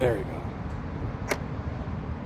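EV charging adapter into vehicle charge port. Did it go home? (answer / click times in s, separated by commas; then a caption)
yes / 1.3 s. A CCS-to-NACS charging adapter is pushed into a car's charge port and latches with a short, sharp click at 1.3 seconds, over a steady low background rumble. Someone talks briefly at the start. The adapter is seated.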